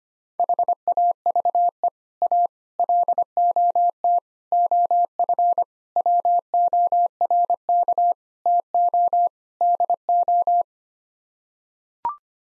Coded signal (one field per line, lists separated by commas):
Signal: Morse code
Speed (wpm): 25 wpm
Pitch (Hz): 700 Hz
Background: none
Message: HAVE A LOT OF WORK TO DO